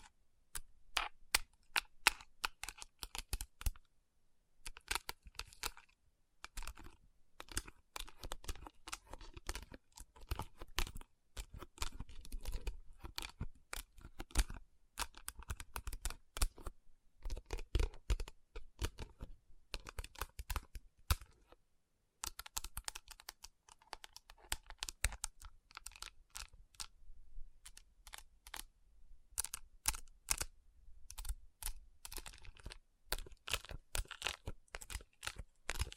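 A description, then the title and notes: Fingernails tap and rub across rhinestone-covered palms in quick, dense bursts of sharp clicks, irregular but nearly constant. Brief pauses break the clicking around 4, 16 and 22 seconds, and a soft low rumble sits under the taps near the end. Tapping & Rubbing Rhinestone Covered Palms.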